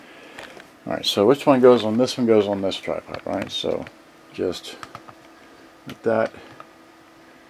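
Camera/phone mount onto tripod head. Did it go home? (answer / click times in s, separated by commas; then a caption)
yes / 6.6 s. A camera or phone mount is fitted onto a tripod head while someone talks, with a few soft handling taps early on. A single sharp tick at 6.6 s marks the mount locking into place on the tripod.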